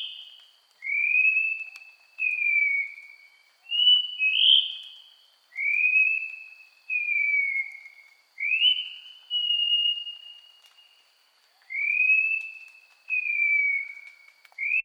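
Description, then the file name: Cingcoang giving a series of pure whistles, some rising, others sliding down, most phrases about one to one and a half seconds long and one longer, with short pauses and a faint constant high tone. Sulawesi. "suara cingcoang sulawesi"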